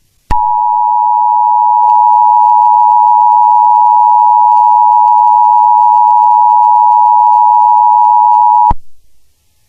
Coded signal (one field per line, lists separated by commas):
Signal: Emergency Alert System (SAME) tones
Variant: 853 and 960 Hz attention tone